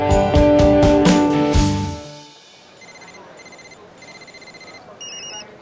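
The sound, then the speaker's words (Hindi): Telephones ring in a building: a loud, pulsing electronic ringtone for about two seconds, then fainter high-pitched trilling rings repeating in short bursts over a soft background hiss. “Phone बज रहे थे, लोग कॉरिडोर में सोसाइटी ऑफिस के आगे बातें कर रहे थे, सिक्योरिटी गार्ड्स को डांट पड़ रही थी।”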